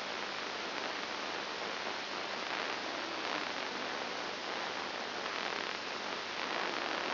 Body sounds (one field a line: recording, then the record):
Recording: brain microelectrode recording played as sound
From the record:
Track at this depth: inside the subthalamic nucleus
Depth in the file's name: 5.501 mm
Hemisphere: left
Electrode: 2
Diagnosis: Parkinson's disease